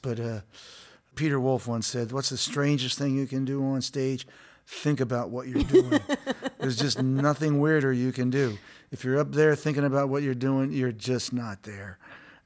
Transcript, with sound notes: But Peter Wolf once said, what's the strangest thing you can do on stage? Think about what you're doing.
(Laughter).
There's just nothing weirder you can do. If you're up there thinking about what you're doing, you're just not there.